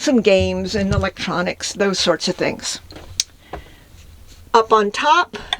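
A push latch on an overhead storage cabinet door in a camper van is handled while someone talks, with a sharp transient at 3.2 s and a softer one at 3.5 s. The clip ends before the door is shut home, so the latch has not snapped closed yet.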